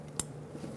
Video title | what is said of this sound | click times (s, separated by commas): How to Replace Front ABS Wheel Speed Sensors 2008-2010 Ford F-250 Super Duty | up the connector make sure it clicks | 0.2 s